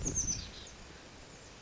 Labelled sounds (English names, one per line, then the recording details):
Oak Titmouse
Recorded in Sonoma County, California